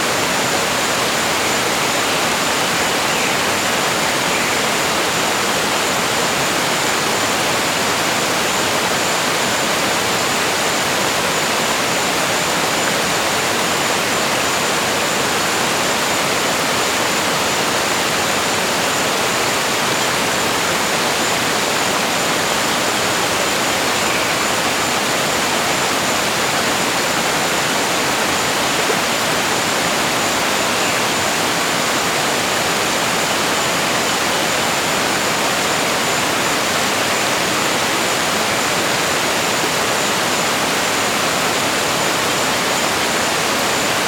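A waterfall roars steadily and densely throughout, a bright, unbroken rush close by with a faint high whine running along its top.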